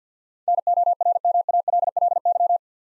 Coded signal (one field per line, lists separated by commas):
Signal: Morse code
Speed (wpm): 48 wpm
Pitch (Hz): 700 Hz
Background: none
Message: NORMALLY